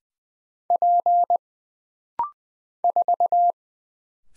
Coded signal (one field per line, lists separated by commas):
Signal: Morse code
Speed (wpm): 20 wpm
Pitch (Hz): 700 Hz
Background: none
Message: P 4